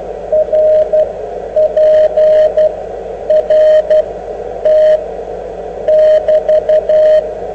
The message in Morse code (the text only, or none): RPRT <BT>